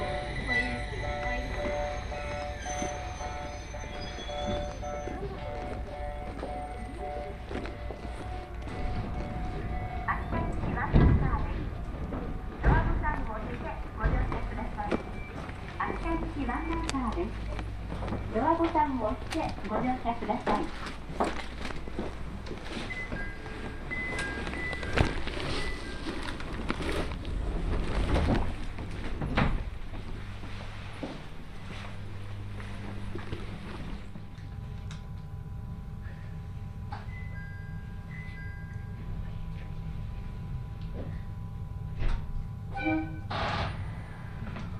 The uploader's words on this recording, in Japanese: 耳で楽しむ鉄道旅 羽越本線 羽後本荘→秋田。今度は桂根駅を通過する列車なので１つ停車駅が少なくなります。羽後本荘で沢山乗車しているので車内が混雑しています。